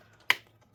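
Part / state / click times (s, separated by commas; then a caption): heatsink retaining screw in laptop motherboard / released / 0.3 s. A Torx T8 driver undoes the first screw holding the CPU/GPU heatsink to the motherboard of a Lenovo ThinkPad P1 Gen 5 laptop. A single sharp, bright click at 0.3 s marks the screw releasing, followed by a fainter tick near the end over a low steady hum. The screw comes loose.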